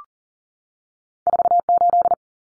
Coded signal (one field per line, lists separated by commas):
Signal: Morse code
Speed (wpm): 40 wpm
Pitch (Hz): 700 Hz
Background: none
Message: 48